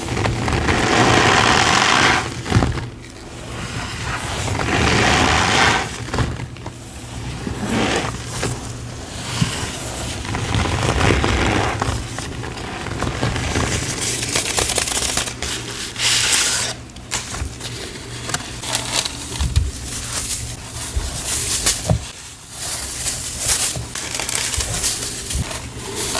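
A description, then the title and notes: Green cornstarch and gym chalk powder are sifted and mixed, with a dense, steady soft hiss, crinkling rustles, and occasional sharp taps throughout. Sifting, Mixing, Reforming Green Cornstarch & Gym Chalk Powders.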